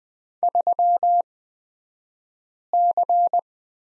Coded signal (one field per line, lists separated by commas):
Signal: Morse code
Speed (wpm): 20 wpm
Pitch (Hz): 700 Hz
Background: none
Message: 3C